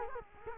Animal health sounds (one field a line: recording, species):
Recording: mosquito wingbeat signal from an infrared sensor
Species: Culex quinquefasciatus